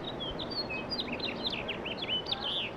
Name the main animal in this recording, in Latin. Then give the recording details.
Haemorhous mexicanus. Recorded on Long Island, New York, on 18 April 2012. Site GC. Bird C